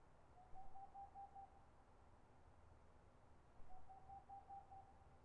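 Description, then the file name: Boreal owl song: two runs of quick, monotone hoots, each about a second long, separated by a pause of about two seconds, against steady low noise. Recorded 22 March 2013. "20130322-Pärluggla"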